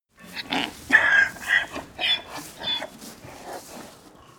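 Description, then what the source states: Donkey bray: a run of hoarse, harmonic pulses about twice a second that gradually weaken over four seconds. Faint bray.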